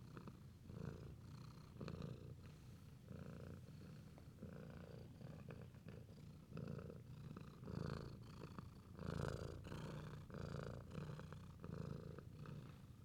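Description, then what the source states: Cat purring in a low continuous rumble, rising and falling with each breath. Affectionate cat purring.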